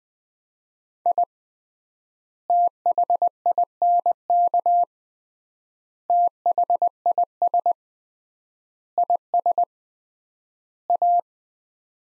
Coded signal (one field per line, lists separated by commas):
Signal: Morse code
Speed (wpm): 20 wpm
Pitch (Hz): 700 Hz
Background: none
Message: I THINK THIS IS A